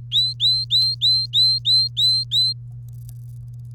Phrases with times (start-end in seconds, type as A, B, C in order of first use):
0.12-2.53 A